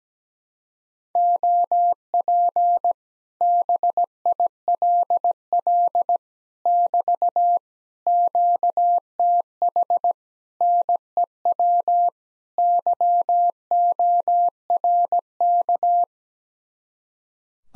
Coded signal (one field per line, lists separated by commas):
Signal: Morse code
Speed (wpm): 17 wpm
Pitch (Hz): 700 Hz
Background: none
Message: OP BILL <BT> QTH NEW YORK